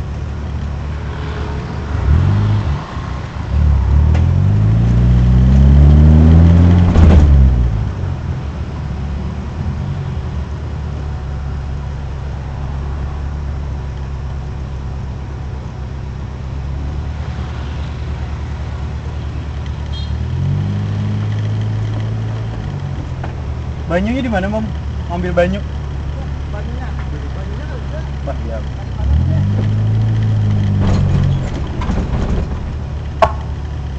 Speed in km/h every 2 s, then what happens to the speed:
10, 8, 15, 32, 25, 10, 4, 0, 0, 0, 0, 0, 0, 2, 0, 7, 9.
3-6 speeds up to 32. 7-13 brakes to 0. 13-29 standing. 29-31 pulls away to 9.